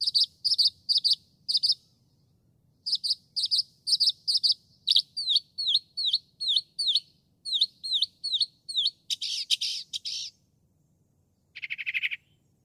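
Northern mockingbird song: quick chattering groups, then a series of repeated down-slurred whistles, a dense buzzy burst, and a final rasping note.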